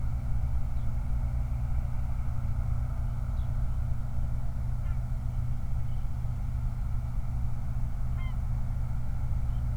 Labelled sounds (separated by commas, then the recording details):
songbird, waterfowl, truck
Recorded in the Prudhoe Bay oil fields, Alaska, on 29 July 2019 at 04:15
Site 29